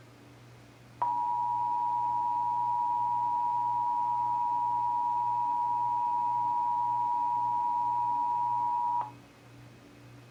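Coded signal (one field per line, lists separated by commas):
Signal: Emergency Alert System (SAME) tones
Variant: 853 and 960 Hz attention tone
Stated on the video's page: Texas Required Monthly Test as carried on several radio and TV stations.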